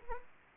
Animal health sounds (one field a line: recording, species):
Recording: mosquito wingbeat signal from an infrared sensor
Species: Anopheles gambiae